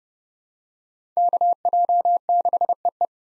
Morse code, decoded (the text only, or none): KJ6EE